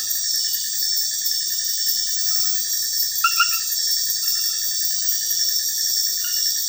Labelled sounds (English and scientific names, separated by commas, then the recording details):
none
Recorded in dense forest near Puerto Asís, Putumayo, Colombia, on 20 February 2024 at 01:30
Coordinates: 0.496, -76.326
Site G6383